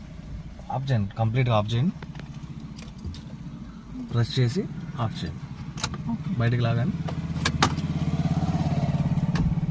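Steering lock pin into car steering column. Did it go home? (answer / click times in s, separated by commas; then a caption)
yes / 7.5 s, 7.6 s. In a car, someone talks while the key is switched off and pulled out and the steering wheel is turned. The steering lock pin drops into the steering column with sharp clunks at 7.5 s and 7.6 s. The steering column lock engages and is confirmed locked.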